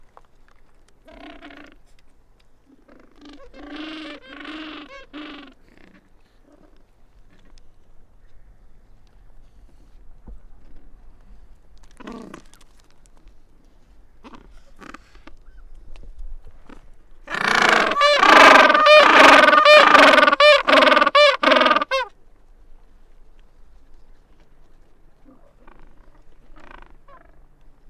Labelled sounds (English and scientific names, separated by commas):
Gentoo Penguin (Pygoscelis papua) call